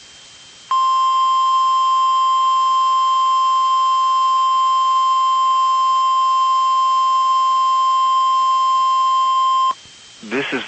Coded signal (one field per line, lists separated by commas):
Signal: Emergency Alert System (SAME) tones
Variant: 1050 Hz attention tone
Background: speech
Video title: EAS: Required Weekly Test